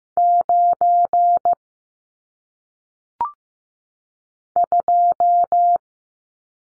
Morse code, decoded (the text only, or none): 9 2